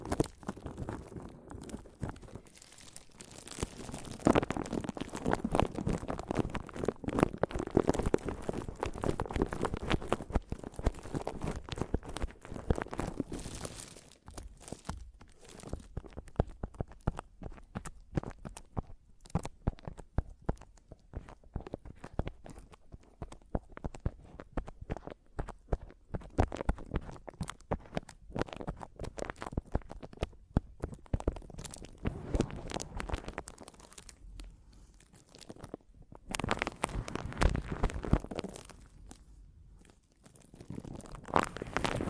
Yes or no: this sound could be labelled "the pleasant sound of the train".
no